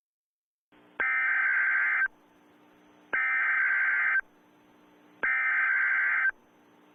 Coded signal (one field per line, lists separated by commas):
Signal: Emergency Alert System (SAME) tones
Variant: header bursts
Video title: EAS Mock - A Christmas Gift from Mother Nature